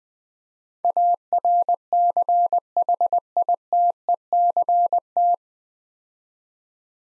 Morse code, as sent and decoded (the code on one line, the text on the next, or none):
.- .-. -.-. .... .. - . -.-. -
ARCHITECT